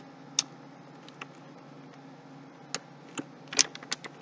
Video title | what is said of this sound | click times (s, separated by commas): Building a budget gaming computer Part 1 | and you have to put some pressure I should hear a click | 0.4 s, 3.6 s